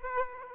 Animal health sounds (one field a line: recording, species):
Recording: mosquito wingbeat signal from an infrared sensor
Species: Aedes aegypti